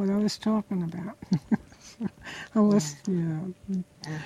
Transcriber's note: laughs